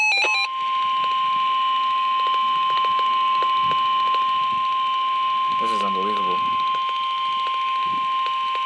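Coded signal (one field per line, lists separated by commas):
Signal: Emergency Alert System (SAME) tones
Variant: 1050 Hz attention tone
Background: speech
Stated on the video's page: EAS alerts via NOAA weather radio during a flash flood risk.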